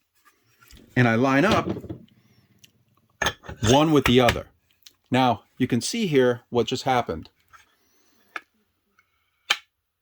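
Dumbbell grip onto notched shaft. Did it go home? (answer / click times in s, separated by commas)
yes / 9.5 s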